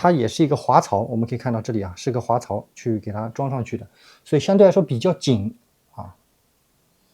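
Someone talks while a 1/6 scale Hot Toys DX45B Star Wars Darth Vader Battle Damaged Deluxe Version Special Edition figure's head sculpt is handled at the neck, which has a fairly tight slide groove it fits onto. Nothing has seated or clicked yet by the end of the clip.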